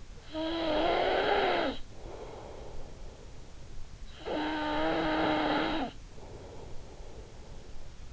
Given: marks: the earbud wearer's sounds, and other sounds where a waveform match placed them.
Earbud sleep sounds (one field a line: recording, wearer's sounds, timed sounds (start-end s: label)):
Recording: sounds in sleep by an in-ear microphone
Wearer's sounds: snoring breath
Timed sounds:
0.00-3.71 s: snoring breath
3.91-7.94 s: snoring breath